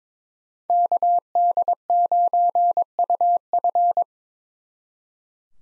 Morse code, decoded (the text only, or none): KD9UF